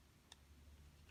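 A screw is turned backwards in the plastic housing of a pair of SHP9500 headphones so it drops into line with the existing threads before being driven in. A sharp, bright click at 0.3 s shows the screw has dropped into the thread start, and a fainter tick follows near 1.1 s. A steady low hum runs underneath throughout.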